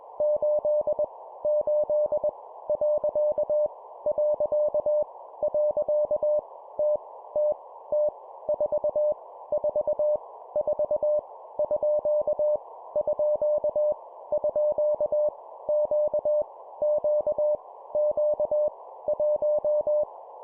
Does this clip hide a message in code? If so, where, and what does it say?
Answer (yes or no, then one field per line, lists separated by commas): yes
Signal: Morse code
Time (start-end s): 0.2-20.0 s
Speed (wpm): 21 wpm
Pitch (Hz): 600 Hz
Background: none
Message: 8 8 . . . T T T 4 4 4 _ _ _ Q Q Q 1